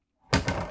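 A 2024 Newmar Bay Star motorhome's bathroom pocket door is pressed down to unlock, then pulled closed. It latches with a sharp thunk at 0.3 s, followed by a softer knock at 0.5 s. The door ends up latched shut.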